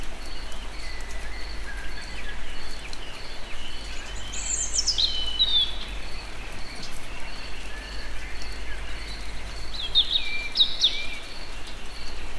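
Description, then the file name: European robin song in two high, trickling phrases separated by several seconds of steady background hiss and a faint regular high pulse. Recorded in nature at Egerturistaház. "vorosbegy egerturistahaz"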